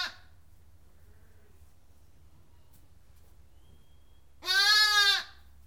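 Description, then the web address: Sheep bleating: the tail of one bleat at the start, a long pause, then one loud, nasal baa near the end. Lamb bleating. "The BBC Sound Effects Library. Lamb Bleating"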